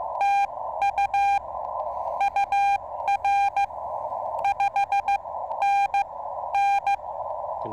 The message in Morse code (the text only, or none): TU UR 5NN